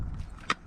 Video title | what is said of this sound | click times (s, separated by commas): Napoleon Rogue 525 Assembly — Step-by-Step | it in, and there you go. You'll hear it snap. | 0.5 s